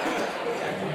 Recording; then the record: coughing mixed with background sound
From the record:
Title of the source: Spring Cold Coughing 3